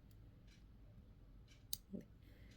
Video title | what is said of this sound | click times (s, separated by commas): Detailed video വന്നിട്ടുണ്ട് guys, dm for orders #business #ornaments #antiturnish #online #shop | ഇത് lock ചെയ്യുക. ദേ കണ്ടോ ഇത് | 1.7 s